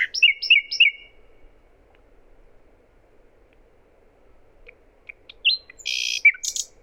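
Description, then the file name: Common nightingale song opens with quick repeated trilled notes, falls silent, then returns with short chips and a buzzy rattling phrase. "Luscinia megarhynchos"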